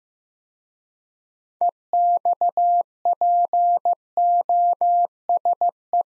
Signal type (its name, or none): Morse code